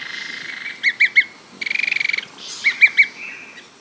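Bird chirping, short bright notes in quick groups of three, plus a steady buzzy trill lasting about half a second, over faint background hiss.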